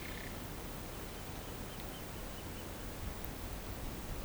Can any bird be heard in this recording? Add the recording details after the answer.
no. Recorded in pastures near Puerto Asís, Putumayo, Colombia, on 19 March 2025 at 10:00. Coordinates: 0.472, -76.329. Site G074